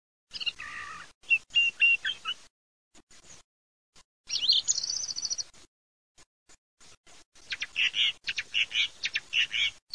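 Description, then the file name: Thrush song: short, varied whistled phrases with pauses between them, one high buzzy trill in the middle, and a run of quick notes at the end. "TORDOSB"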